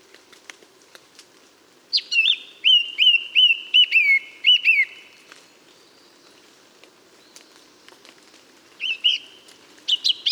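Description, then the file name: Eurasian blackcap song, a string of strong whistles repeated rhythmically for about three seconds, a long pause, then a shorter phrase starts. "Sylvia atricapilla"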